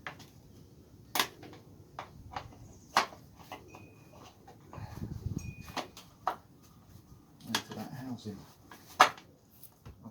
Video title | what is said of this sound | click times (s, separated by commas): Every Rider Needs This: How To Clean & Lube Your Motorcycle Chain (CBR500R) | you might have just heard that click | 9.0 s